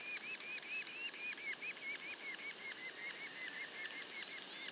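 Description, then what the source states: Yellow-bellied sapsucker juvenile calls: arched mewing notes in a quick, uneven series. Juveniles, Mont-Orford National Park, Quebec.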